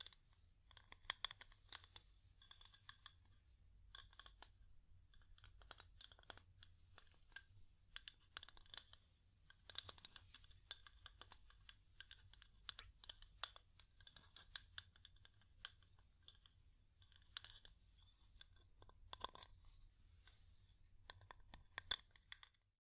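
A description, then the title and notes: Light wood tapping runs throughout as quick, irregular clicks, dense and crisp, with small bursts and brief pauses around 4 and 9 seconds. The taps are bright and dry, sounding much like typing on a keyboard, over a faint low hum. ASMR Calming Wood Tapping (No Talking).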